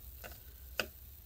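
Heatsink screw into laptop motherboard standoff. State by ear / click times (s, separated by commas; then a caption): seated / 0.8 s. A heatsink screw on a Lenovo Legion S7 15ACH6 laptop is turned backwards with a PH1 screwdriver against its metal-threaded motherboard standoff, with a faint tick around 0.25 s. At 0.8 s it drops into the start of the thread with one short, sharp click, showing the screw has seated.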